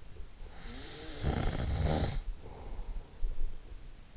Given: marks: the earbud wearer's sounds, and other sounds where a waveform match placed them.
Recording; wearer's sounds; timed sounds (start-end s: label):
sounds in sleep by an in-ear microphone; snoring breath
0.73-3.51 s: snoring breath